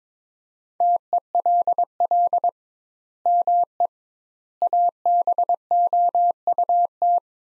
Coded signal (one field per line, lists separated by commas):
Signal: Morse code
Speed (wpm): 22 wpm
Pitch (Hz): 700 Hz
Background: none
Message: TELL ME ABOUT